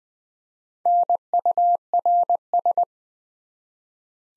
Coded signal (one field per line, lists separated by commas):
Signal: Morse code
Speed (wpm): 20 wpm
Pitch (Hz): 700 Hz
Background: none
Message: NURS